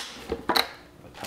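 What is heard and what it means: The large plastic jar of a Ninja BL660 blender is twisted onto its motor base and locks with a short pair of clicks at 0.5 and 0.6 seconds, followed by a softer knock near 1.3 seconds. The jar is seated and locked on the base.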